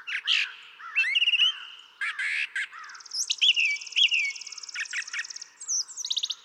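Brown thrasher song: loud, varied phrases of harsh chips, slurred whistles and a long buzzy rattling trill, delivered rapidly with little pause.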